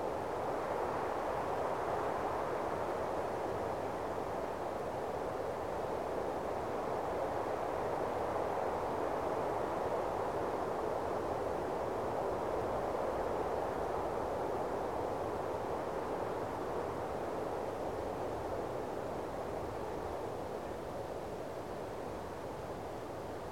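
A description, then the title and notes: A steady breeze rushes past in a dense, even wash of sound, strongest through the low and middle range with a softer hiss above. The level holds nearly constant for the whole stretch, easing very slightly toward the end, with no distinct events standing out. Standing In The Breeze.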